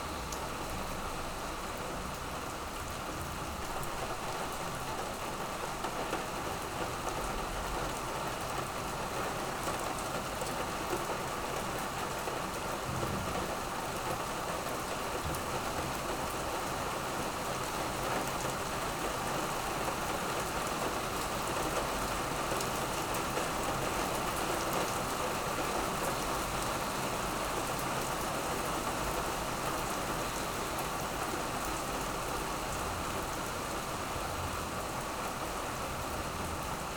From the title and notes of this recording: This is a bonus recording of rain from Montreal. Montreal Rain Sounds.